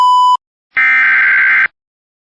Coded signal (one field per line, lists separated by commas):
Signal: Emergency Alert System (SAME) tones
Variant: header bursts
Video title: [EAS YTP] An EAS Participant has issued a WTOP FM XXXIX: Flash COUNTY FUNK. More Lamar Arisons Tech